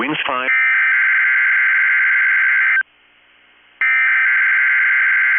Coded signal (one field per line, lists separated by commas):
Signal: Emergency Alert System (SAME) tones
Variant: header bursts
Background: speech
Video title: 6/22/22 - KEC65 Required Weekly Test (EAS #553)